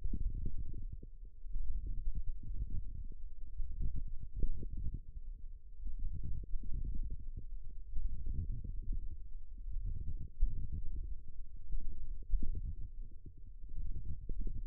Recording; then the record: forearm muscle sounds (acoustic myography)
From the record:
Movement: wrist extension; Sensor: system 1, eight BSWA MPA416 microphones around the upper forearm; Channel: 3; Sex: female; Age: 21 years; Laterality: right